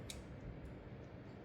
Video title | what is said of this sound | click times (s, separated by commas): 【MRDドリフトコンバージョンキット コンバート】Step3 MRD Prototype 組み立て編 | In this situation, if you push it to the left you will hear a click and it will lock into place. | 0.1 s